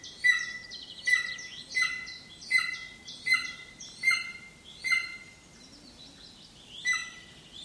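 Bird calls: harsh notes, each sliding downward, about one every three-quarters of a second, then a brief pause and one more, over low noise.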